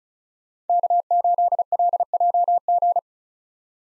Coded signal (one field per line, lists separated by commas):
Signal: Morse code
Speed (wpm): 36 wpm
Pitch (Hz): 700 Hz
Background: none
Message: K8LJG